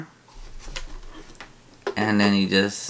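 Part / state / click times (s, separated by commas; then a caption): water tank into facial steamer base / not seated / none. Someone talks while handling a plastic water tank for a facial steamer, moving it toward the steamer's base, with a few light knocks and taps along the way. Nothing has seated or clicked yet; the tank is not yet home in the base.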